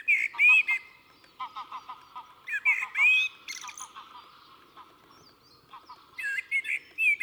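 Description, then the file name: Common blackbird: squeaky, warbled notes in bursts near the start, middle and end, with a lower series of short pulsed notes in between. "Turdus merula"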